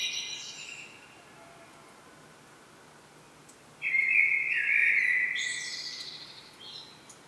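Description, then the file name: Common blackbird: a high twitter fades out, then after a pause a full mellow whistled phrase ending in a thin squeaky flourish. "Turdus merula"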